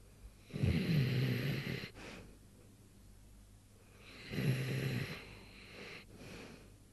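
Morris, a sleeping animal, snoring: two loud, low rattling snores on inhalation about four seconds apart, with softer exhales between. Ordinary snoring.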